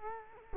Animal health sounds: mosquito wingbeat signal from an infrared sensor; Culex quinquefasciatus

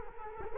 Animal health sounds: mosquito wingbeat signal from an infrared sensor; Culex quinquefasciatus

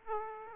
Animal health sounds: mosquito wingbeat signal from an infrared sensor; Aedes aegypti

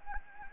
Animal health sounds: mosquito wingbeat signal from an infrared sensor; Anopheles gambiae

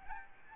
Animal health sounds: mosquito wingbeat signal from an infrared sensor; Aedes albopictus

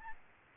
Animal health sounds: mosquito wingbeat signal from an infrared sensor; Aedes albopictus

